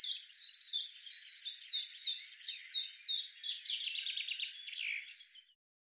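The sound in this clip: Common chaffinch song: a steady series of high, sharply down-slurred notes repeated about three times a second, then a softer jumbled run at the end.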